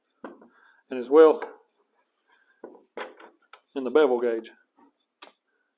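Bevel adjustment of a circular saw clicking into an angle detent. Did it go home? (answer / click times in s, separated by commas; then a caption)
yes / 5.2 s. Someone talks while tilting the bevel gauge on a Ridgid cordless circular saw. At 5.2 s the bevel adjustment snaps into a positive angle stop with a single sharp click, and it is seated in the detent.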